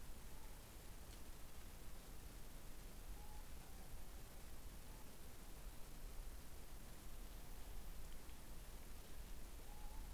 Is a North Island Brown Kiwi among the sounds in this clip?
no